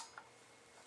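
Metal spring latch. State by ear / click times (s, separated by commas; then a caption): seated / 0.2 s. A folding leg on a Harris bipod mounted on a Remington 700 rifle is pushed back in to lower it, giving a single sharp click at 0.2 s as it latches. The leg locks into place, confirmed.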